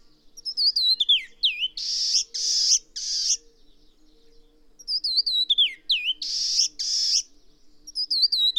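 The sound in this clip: Bird song with short falling whistled phrases, each followed by loud buzzy rasps; the pattern repeats twice.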